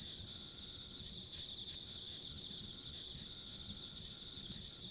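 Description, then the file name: Continuous shrill insect chorus, a bright pulsing trill held without pause, over low soft rumble. Ambient insect sounds along a rural country road. "田舎道の虫の環境音"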